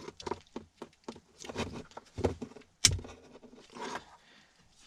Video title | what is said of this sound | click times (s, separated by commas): MK6 FIESTA ST150- GETS A NEW DOUBLE DIN ANDROID TOUCH RADIO | okay so that's locked into place now quite happily | 2.8 s